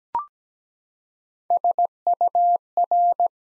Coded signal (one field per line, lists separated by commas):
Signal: Morse code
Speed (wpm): 17 wpm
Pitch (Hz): 700 Hz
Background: none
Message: SUR